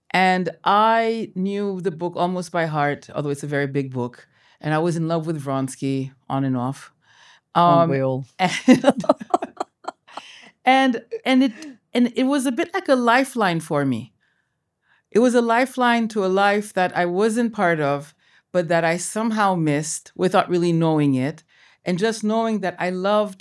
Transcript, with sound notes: And I knew the book almost by heart, although it’s a very big book, and I was in love with Vronsky on and off.
Aren’t we all [both laugh]
And it was a bit like a lifeline for me. It was a lifeline to a life that I wasn’t part of but that I somehow missed without really knowing it, and just knowing that I loved